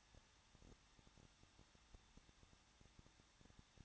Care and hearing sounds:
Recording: daily activity, microphone in the room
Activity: no activity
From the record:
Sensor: 3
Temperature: 21.2 degrees Celsius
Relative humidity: 36.3%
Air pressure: 1006.3 hPa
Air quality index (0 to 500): 222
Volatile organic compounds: 41 ppm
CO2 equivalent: 3161 ppm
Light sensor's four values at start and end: 2/3/2/2 and 2/3/2/2

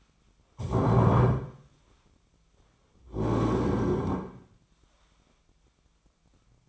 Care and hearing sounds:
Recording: daily activity, microphone in the room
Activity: stand up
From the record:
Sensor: 1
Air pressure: 1009.3 hPa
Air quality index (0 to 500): 178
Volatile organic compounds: 3 ppm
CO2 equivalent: 1502 ppm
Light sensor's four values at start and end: 39/105/43/51 and 37/97/40/47

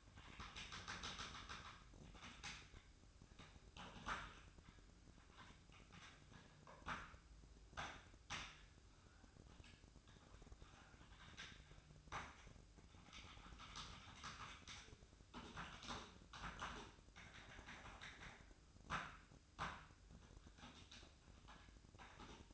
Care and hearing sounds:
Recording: daily activity, microphone in the room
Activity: typing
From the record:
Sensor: 2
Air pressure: 1007.5 hPa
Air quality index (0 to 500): 43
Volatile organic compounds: 1 ppm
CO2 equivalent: 549 ppm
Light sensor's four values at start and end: 9/23/9/10 and 10/23/9/10

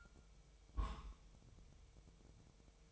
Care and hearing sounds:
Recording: daily activity, microphone in the room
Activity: place on stove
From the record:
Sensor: 1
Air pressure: 999.4 hPa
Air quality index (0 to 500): 199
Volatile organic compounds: 40 ppm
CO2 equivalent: 3150 ppm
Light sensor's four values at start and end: 9/22/8/9 and 9/22/8/9

